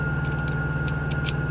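A double-ended quarter-inch (6 mm) metal screwdriver bit is taken out of a Leatherman Wave multitool's bit holder, flipped, and pushed back in over a steady low hum. Several faint ticks come first, then sharp clicks at 1.1 s and 1.3 s as the bit seats in the holder.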